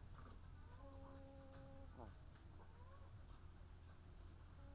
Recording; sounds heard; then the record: poultry house recording; sick chickens (respiratory disease)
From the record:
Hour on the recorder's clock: 14